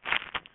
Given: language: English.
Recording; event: throat vibration sensor signal played as sound; swallow